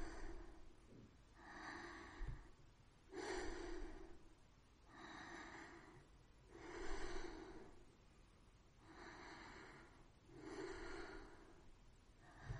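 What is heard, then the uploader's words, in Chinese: Soft breathing sounds with a gentle, airy rubbing quality. The breaths come in regular waves, about one every one and a half to two seconds, each swelling and fading smoothly with a hushed, slightly hoarse tone. A faint low rumble sits underneath throughout. 温柔的呼吸音摩擦音。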